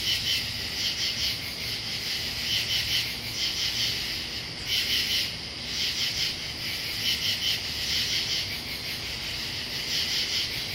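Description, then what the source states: Several katydids giving rough, rhythmic pulsed rasps in short clusters, one caller standing out at times against a continuous insect drone. Katydids recorded in Pennsylvania.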